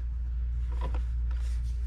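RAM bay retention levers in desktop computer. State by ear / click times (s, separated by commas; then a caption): seated / 0.9 s, 1.3 s. The memory bay retention arms of a 2019 27-inch Retina iMac are closed down over the installed RAM, with a steady low hum underneath. Two soft clicks follow closely at 1.0 and 1.3 seconds as both memory cage levers lock into place, and the RAM is seated.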